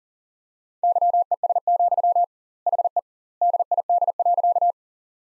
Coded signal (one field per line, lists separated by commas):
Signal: Morse code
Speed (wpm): 40 wpm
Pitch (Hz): 700 Hz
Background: none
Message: YES, HE DID.